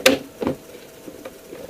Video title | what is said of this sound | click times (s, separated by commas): Water Pump Replacement | It should just snap into place. Flush. | 0.1 s